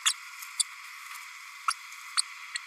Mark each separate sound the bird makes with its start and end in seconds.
0.05-0.13, 0.59-0.63, 1.68-1.74, 2.17-2.21, 2.55-2.57